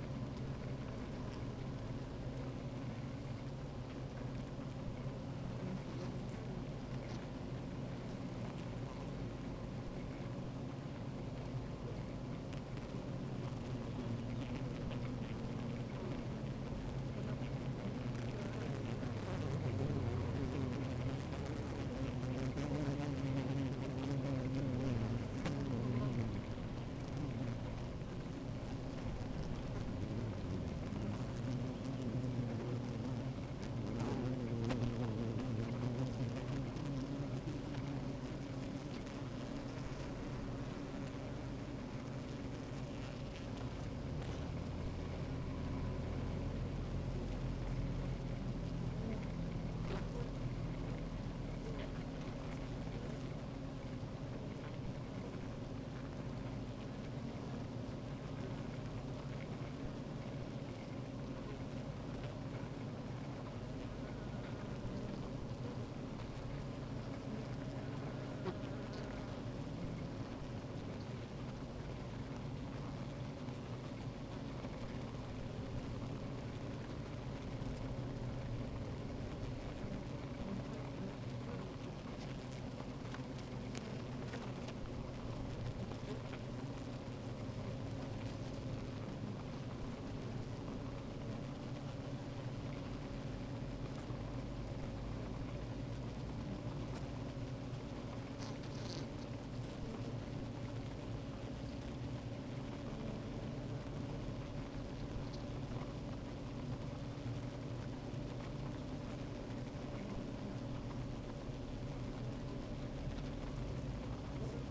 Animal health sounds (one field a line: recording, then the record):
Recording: honeybee colony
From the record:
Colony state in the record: active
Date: 28 July 2017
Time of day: 15:55